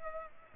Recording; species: mosquito wingbeat signal from an infrared sensor; Culex pipiens